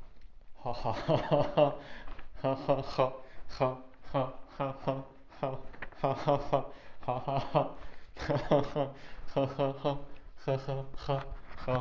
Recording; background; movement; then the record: laughter; quiet; walking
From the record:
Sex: male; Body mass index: 23.7 kg/m2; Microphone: on the chest, facing outward